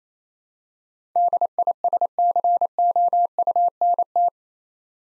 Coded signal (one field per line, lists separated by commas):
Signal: Morse code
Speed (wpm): 28 wpm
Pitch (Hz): 700 Hz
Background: none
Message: DISCOUNT